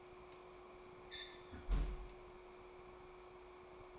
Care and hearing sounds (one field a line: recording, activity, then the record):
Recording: daily activity, microphone in the room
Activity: close fridge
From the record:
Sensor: 1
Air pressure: 1004.6 hPa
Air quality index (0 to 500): 194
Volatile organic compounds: 17 ppm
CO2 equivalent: 2567 ppm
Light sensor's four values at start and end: 4/11/4/4 and 4/11/4/4